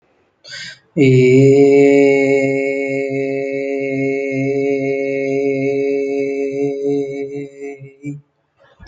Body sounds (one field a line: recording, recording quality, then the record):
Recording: sustained vowel as in made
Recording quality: excellent, no background noise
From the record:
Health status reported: healthy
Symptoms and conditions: none ticked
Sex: male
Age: 28 years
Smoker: not ticked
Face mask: not worn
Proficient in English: yes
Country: India